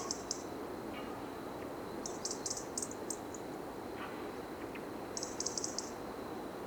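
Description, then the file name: European robin calling with short rattling runs of high clicks, a few isolated ticks between, against constant soft background noise. "Erithacus rubecula"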